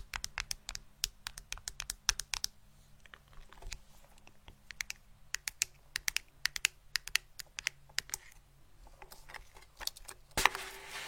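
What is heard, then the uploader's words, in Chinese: Quick, crisp tapping like keys on a keyboard comes in irregular bursts, some clicks sharper and brighter than others, with a brief pause near 9 seconds. A low steady hum runs underneath, and a louder, fuller knock lands around 10 seconds. 敲击大脑/指尖刺痛（声控助眠）。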